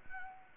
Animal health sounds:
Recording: mosquito wingbeat signal from an infrared sensor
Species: Anopheles arabiensis

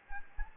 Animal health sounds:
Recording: mosquito wingbeat signal from an infrared sensor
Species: Anopheles gambiae

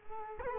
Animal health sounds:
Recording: mosquito wingbeat signal from an infrared sensor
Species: Culex quinquefasciatus

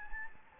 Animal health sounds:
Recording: mosquito wingbeat signal from an infrared sensor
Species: Anopheles gambiae

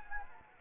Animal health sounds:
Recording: mosquito wingbeat signal from an infrared sensor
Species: Anopheles gambiae

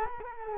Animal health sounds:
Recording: mosquito wingbeat signal from an infrared sensor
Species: Culex quinquefasciatus

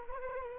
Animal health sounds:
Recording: mosquito wingbeat signal from an infrared sensor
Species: Culex quinquefasciatus

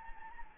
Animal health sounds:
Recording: mosquito wingbeat signal from an infrared sensor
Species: Anopheles gambiae

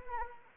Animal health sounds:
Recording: mosquito wingbeat signal from an infrared sensor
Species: Anopheles arabiensis

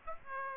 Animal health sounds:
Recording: mosquito wingbeat signal from an infrared sensor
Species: Aedes aegypti

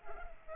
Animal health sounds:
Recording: mosquito wingbeat signal from an infrared sensor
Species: Culex pipiens

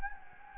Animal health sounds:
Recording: mosquito wingbeat signal from an infrared sensor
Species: Anopheles gambiae

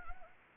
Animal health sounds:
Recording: mosquito wingbeat signal from an infrared sensor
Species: Anopheles arabiensis

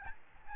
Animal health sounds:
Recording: mosquito wingbeat signal from an infrared sensor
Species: Aedes albopictus

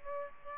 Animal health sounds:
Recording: mosquito wingbeat signal from an infrared sensor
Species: Aedes aegypti

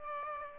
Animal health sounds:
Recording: mosquito wingbeat signal from an infrared sensor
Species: Aedes aegypti

